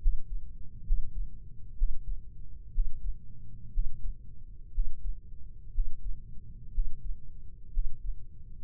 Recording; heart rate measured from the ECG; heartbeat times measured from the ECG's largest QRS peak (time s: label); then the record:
heart sounds by microphone in the right ear; 61 bpm
0.84 s: heartbeat
1.76 s: heartbeat
2.72 s: heartbeat
3.72 s: heartbeat
4.72 s: heartbeat
5.72 s: heartbeat
6.72 s: heartbeat
7.71 s: heartbeat
From the record:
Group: healthy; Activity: breath hold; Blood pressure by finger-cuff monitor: 125/81 mmHg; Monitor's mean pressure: 92 mmHg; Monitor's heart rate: 61 bpm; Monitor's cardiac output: 4.7 L/min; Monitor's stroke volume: 75 mL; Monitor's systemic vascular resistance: 1420 dyn s/cm5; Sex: female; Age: 23 years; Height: 160 cm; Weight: 50.4 kg